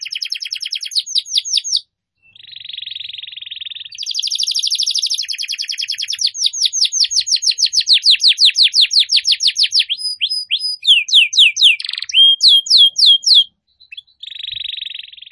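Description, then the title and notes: Canary song with buzzy and rattling trills alternating with long runs of rapid downslurred notes, then looping whistled sweeps, separated by short silences. Canary song used to lure birds. "Pikat Burung Baru. kenari"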